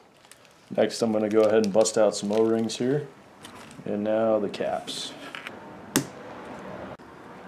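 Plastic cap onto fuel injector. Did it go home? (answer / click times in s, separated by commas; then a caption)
yes / 6.0 s. A plastic cap is pressed onto a fuel injector fitted with fresh O-rings, part of a 55 lb injector upgrade on a BMW 2002 Turbo. Someone talks, small handling taps follow, and the cap snaps into place with a sharp click at 6.0 s.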